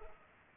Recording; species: mosquito wingbeat signal from an infrared sensor; Culex pipiens